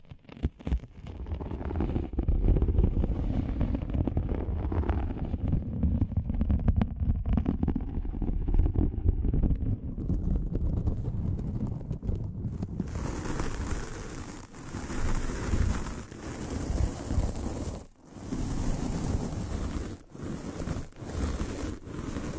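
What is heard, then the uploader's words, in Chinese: Ear cleaning with no voice: muffled rubbing and scraping fill the first half with a dense, low, rumbling texture. Around 12 seconds a bright, steady hiss joins in, like soft brushing, broken by brief pauses near 18 and 21 seconds. 无人声采耳助眠。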